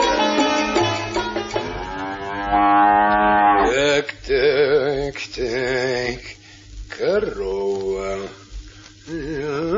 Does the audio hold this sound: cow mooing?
yes